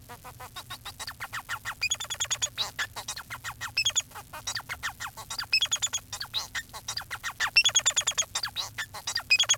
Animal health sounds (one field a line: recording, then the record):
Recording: song of a male Bengalese finch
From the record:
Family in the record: son of father 4